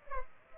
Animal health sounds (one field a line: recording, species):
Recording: mosquito wingbeat signal from an infrared sensor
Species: Culex pipiens